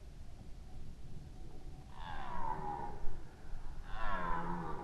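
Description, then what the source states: Red deer roaring twice, moaning harmonic calls that fall in pitch, over steady low background rumble. Red deer roaring during the rut, 2011.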